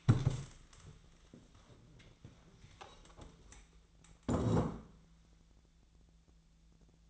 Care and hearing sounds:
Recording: daily activity, microphone in the room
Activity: stand up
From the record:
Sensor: 3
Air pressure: 1000.4 hPa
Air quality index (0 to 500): 171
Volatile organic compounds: 3 ppm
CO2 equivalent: 1489 ppm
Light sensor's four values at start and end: 14/32/14/14 and 13/31/13/14

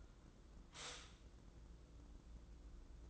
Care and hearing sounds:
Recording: daily activity, microphone in the room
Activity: stop toaster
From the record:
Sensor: 3

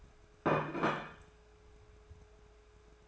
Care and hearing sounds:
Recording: daily activity, microphone in the room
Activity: place plate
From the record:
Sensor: 2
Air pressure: 1014.9 hPa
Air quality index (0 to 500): 204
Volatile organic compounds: 20 ppm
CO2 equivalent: 2694 ppm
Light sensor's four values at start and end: 8/19/8/8 and 9/21/9/9

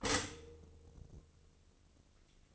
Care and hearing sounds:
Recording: daily activity, microphone in the room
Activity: stop toaster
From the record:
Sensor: 4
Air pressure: 1007.9 hPa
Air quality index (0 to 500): 104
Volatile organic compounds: 1 ppm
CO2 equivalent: 773 ppm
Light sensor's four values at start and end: 9/19/7/8 and 9/20/8/8

